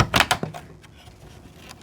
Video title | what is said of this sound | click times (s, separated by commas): Toyota RAV4 2013-2018 EASY PLUG & PLAY - HUGE Screen Radio Upgrade - NO WIRING! CarPlay Android Auto | That is now all clicked into place. | 0.3 s